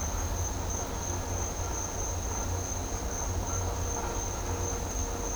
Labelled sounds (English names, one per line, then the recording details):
none
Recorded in dense forest near Puerto Asís, Putumayo, Colombia, on 22 December 2024 at 08:00
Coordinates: 0.503, -76.323
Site G043